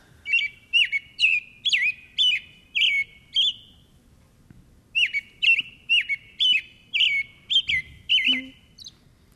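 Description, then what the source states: American robin song: clear caroling phrases, rising and falling, in a run of about seven, a pause, then another run of similar phrases. Played on the radio; song described as having a rolling quality, back and forth, a nice sweet song.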